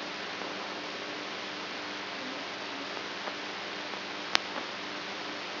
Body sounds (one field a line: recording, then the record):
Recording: brain microelectrode recording played as sound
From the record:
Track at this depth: outside the subthalamic nucleus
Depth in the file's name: 6.906 mm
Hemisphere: right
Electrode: 3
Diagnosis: Parkinson's disease